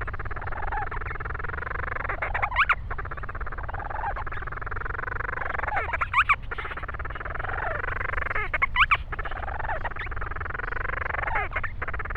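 Grant's storm petrel giving repeated short upslurred squeaky calls with harsh bursts, spaced a few seconds apart, amid continuous background roar.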